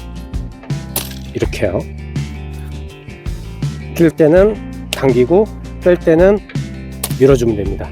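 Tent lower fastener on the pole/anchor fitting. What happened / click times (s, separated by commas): The fastener snapped free of its fitting / 1.0 s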